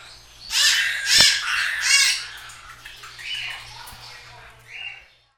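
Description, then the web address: Bird calls, loud harsh cawing notes repeated about four times, followed by softer rasping squawks and a low background hum. "SFX Sounds\BIRDS\BIRD"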